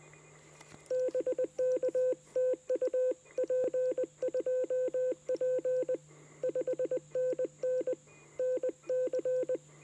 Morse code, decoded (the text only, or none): BK TU P2P 5NN NC